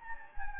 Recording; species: mosquito wingbeat signal from an infrared sensor; Anopheles gambiae